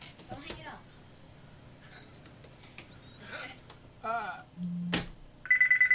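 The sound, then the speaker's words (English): A phone's electronic ring starts up at the very end, a loud, steady tone trilling in rapid pulses, after a stretch of scattered muffled voices, a low hum and a sharp click. “Sit up. Answer it.”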